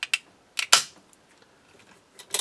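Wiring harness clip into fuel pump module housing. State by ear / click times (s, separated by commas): seated / 0.7 s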